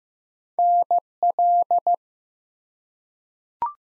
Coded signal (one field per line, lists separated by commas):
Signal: Morse code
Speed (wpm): 15 wpm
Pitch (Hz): 700 Hz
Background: none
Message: NL